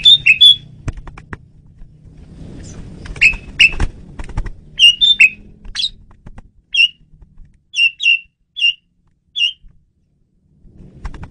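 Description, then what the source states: Asian pied starling calls: repeated sharp whistled chirps, doubled at first, then single notes at intervals, with background rumble and clicks. Female bird used as a lure (pemikat).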